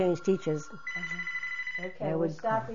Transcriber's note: telephone rings